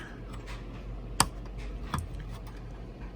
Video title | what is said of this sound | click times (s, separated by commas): NeXTstation Mono Upgrades | that click it clicks I've never had a scuzzy cable it clicks in but | 1.2 s